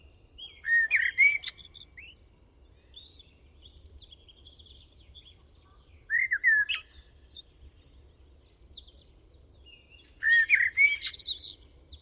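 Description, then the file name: Common blackbird singing three phrases, each opening with low fluted warbling notes and ending in a high squeaky twitter, separated by pauses of several seconds, with faint other bird notes between. "Turdus merula"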